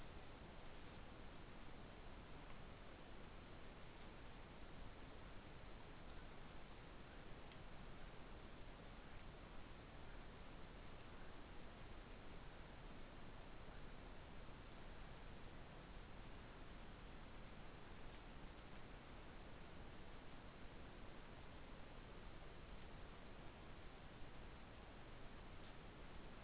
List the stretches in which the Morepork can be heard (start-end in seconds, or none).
none